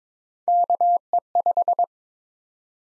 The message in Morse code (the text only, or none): KE5